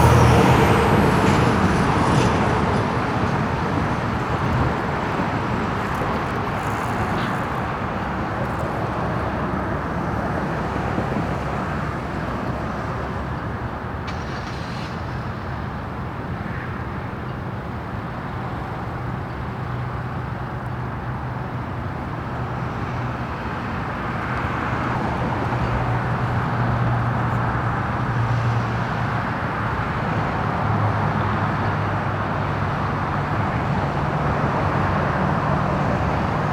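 A calm suburban day outdoors, filled with a steady wash of vehicle sound that stays at an even level throughout. A low engine hum rises and holds from about twenty seconds to the end, as if a car idles or passes.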